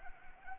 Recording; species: mosquito wingbeat signal from an infrared sensor; Anopheles arabiensis